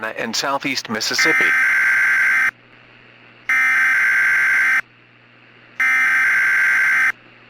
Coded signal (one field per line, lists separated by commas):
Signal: Emergency Alert System (SAME) tones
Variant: header bursts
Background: speech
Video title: Gulf Coast Derecho - EAS Scenario